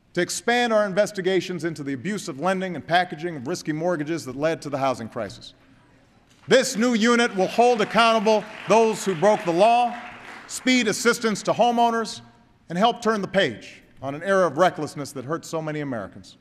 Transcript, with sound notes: to expand our investigations into the abusive lending and packaging of risky mortgages that led to the housing crisis. (Applause.) This new unit will hold accountable those who broke the law, speed assistance to homeowners, and help turn the page on an era of recklessness that hurt so many Americans.